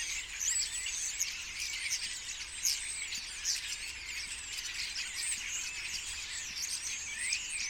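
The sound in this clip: Common starling flock chattering steadily, many squeaky notes, clicks and short slurred whistles overlapping, and one rising whistle near the end.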